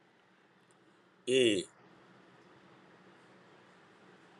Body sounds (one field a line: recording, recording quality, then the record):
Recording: sustained vowel as in made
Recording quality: excellent, no background noise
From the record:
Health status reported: healthy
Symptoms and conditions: none ticked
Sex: male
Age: 42 years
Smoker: yes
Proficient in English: yes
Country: India